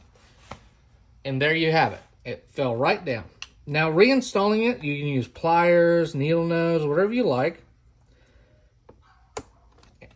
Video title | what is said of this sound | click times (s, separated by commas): HOW TO CHANGE BATTERY SHARK ION ROBOT VACUUM CLEANER | and it just clicks right in | 9.4 s